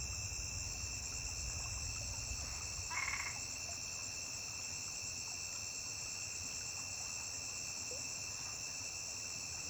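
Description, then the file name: Cricket singing a continuous high, even trill; a short scratchy sound breaks in around the third second. A single high-pitched cricket singing beside a river. "Grilo agudo isola cantando beira de rio"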